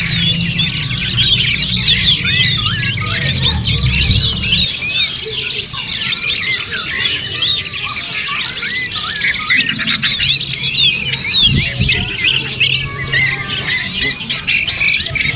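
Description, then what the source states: Birds singing in a dense chorus of overlapping high chirps, trills and short whistles throughout, with a low hum underneath during the first few seconds. Birdsong compiled for 'memaster', training beloved pet birds to learn songs.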